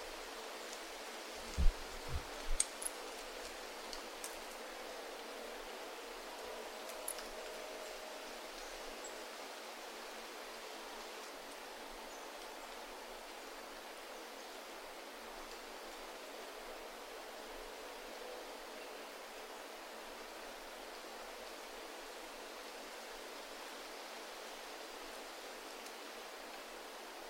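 Wind rushes steadily through forest trees, a dense, even hiss that barely changes over the whole stretch and has little low rumble. A few brief crackles and taps, like falling leaves or twigs, come close together around two to three seconds and once more near seven.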